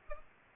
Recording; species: mosquito wingbeat signal from an infrared sensor; Aedes aegypti